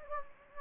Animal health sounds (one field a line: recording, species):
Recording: mosquito wingbeat signal from an infrared sensor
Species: Anopheles gambiae